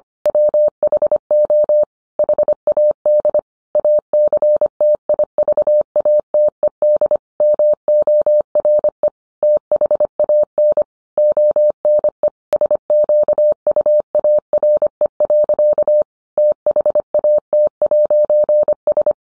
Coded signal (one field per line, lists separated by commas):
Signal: Morse code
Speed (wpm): 25 wpm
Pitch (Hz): 600 Hz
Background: none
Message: WHO HAD ACTIVATED MORE THAN ONE SQUARE. THAT'S